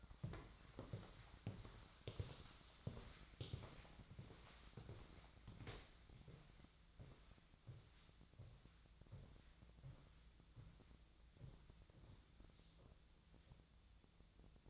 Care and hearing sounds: daily activity, microphone in the room; walk to room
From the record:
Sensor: 3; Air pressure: 1010.1 hPa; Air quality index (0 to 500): 180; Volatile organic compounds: 12 ppm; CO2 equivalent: 2342 ppm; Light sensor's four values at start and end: 41/102/44/48 and 43/106/46/49

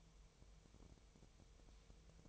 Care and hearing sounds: daily activity, microphone in the room; take from stove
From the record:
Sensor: 1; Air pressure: 999.4 hPa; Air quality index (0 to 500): 200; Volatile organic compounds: 41 ppm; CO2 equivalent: 3167 ppm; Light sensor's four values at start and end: 9/22/8/9 and 9/22/8/9

